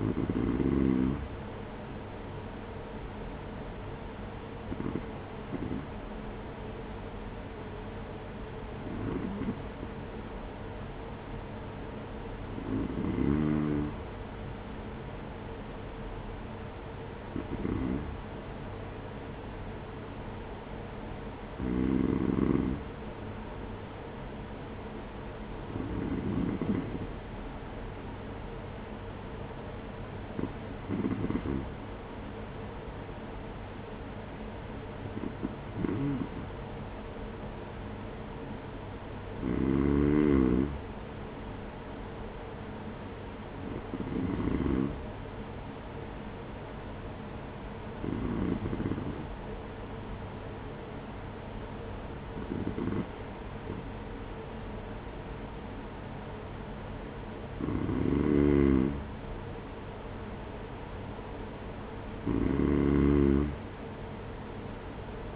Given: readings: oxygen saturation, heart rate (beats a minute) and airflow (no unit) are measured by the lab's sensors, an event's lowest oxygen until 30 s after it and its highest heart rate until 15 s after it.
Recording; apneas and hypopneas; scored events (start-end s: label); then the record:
breathing in sleep by a voice recorder at the bedside; none
61.00-65.36 s: new sleep stage, N2 (light sleep)
From the record:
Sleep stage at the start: N3 (deep sleep); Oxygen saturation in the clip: 93 to 94%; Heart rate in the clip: 47 to 50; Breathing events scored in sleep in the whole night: 210 in 6.9 hours asleep